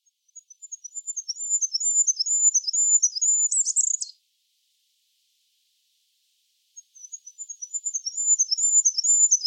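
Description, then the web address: Bird singing two high-pitched phrases of quick, evenly spaced chirps, the first closing with a buzzy trill, separated by about three seconds of quiet. "cianscape. Deverinetal 2025. Bird Only"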